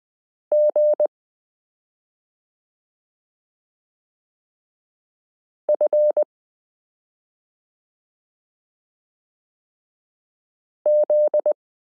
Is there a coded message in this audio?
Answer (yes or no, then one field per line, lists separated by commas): yes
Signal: Morse code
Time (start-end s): 0.5-11.5 s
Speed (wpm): 20 wpm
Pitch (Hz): 600 Hz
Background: none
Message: G F Z